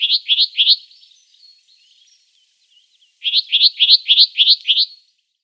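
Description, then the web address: Sombre tit singing rapid series of repeated notes in two phrases separated by a pause, with soft quieter twittering between. "Schulze Peter Sombre Tit song"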